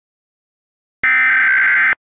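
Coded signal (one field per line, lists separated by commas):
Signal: Emergency Alert System (SAME) tones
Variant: header bursts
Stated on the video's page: Fictional EAS scenario about the Trollface.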